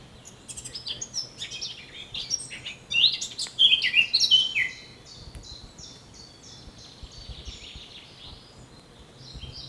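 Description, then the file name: Eurasian blackcap warbling in a quick, chattering phrase that peaks around the middle, then fades into softer, scattered high notes over a quiet background. "Sylvia atricapilla"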